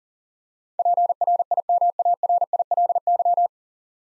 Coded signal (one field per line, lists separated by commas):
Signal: Morse code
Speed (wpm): 40 wpm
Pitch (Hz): 700 Hz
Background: none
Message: PRIMARILY